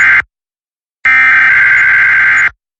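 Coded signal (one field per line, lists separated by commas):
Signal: Emergency Alert System (SAME) tones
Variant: header bursts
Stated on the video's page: Several weekly tests.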